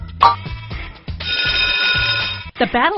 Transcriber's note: bell ringing